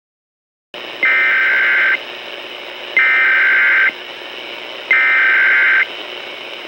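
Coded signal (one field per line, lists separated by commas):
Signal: Emergency Alert System (SAME) tones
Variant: header bursts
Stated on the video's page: First nationwide EAS test as broadcast on WLS-AM 890 kHz Chicago, Illinois's Primary Entry Point.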